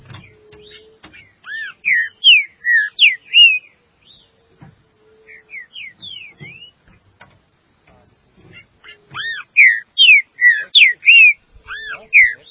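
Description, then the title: Green-winged saltator singing two bursts of clear, slurred whistles, falling and arching notes in quick succession, separated by a quieter pause with soft whistles and faint knocks. "Trinca Ferro"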